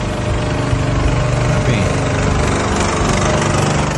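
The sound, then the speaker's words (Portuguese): A water tanker truck carrying drinking water idles in front of an apartment building in Canoas, a steady, unbroken low rumble with a droning hum, while a man talks briefly over it. “Bom, tem um caminhão de água potável na frente de um prédio.”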